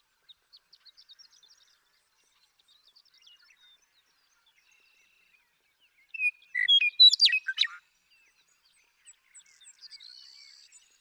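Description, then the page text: Western meadowlark song: a short burst of tumbling, warbled notes after quiet seconds with faint, scattered chirps before and after. Male singing in Sierra Valley, eastern California, in 2018. "Birdsong for the Curious Naturalist. The joy of western meadowlark songs. Sierra Valley in eastern California"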